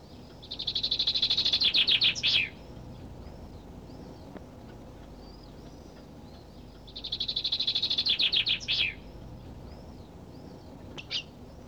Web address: audio animali uccelli 03 uccelli birds 08